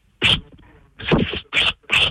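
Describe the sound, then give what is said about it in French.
A person imitates a snake with four sharp, breathy hissing bursts, loud and spitting, separated by short pauses; the second hiss is longer and more drawn out than the others. “Fais-moi le bruit du serpent. Il secoue trop, il crache.”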